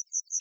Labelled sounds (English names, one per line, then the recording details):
Yellowhammer song
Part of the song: start
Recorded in the Czech Republic on 17 May 2013
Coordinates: 50.639, 13.752
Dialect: XlB
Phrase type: C70
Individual 295436